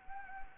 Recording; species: mosquito wingbeat signal from an infrared sensor; Anopheles gambiae